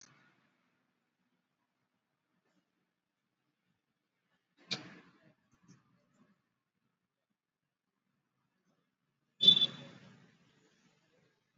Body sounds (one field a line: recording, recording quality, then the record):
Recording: deep breathing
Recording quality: moderate, slight background noise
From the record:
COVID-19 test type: RT-PCR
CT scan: not taken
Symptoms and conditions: cough, cold, fever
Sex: male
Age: 31 years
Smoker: no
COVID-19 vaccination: both doses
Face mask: worn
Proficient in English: yes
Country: India